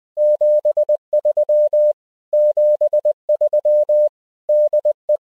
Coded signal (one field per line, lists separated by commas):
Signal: Morse code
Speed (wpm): 20 wpm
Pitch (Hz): 600 Hz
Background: none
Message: 73 73 DE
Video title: Using an Iphone for Offline SOTA Peak GPS and Navigation